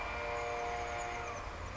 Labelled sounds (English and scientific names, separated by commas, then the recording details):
Oak Titmouse (Baeolophus inornatus)
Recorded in Sonoma County, California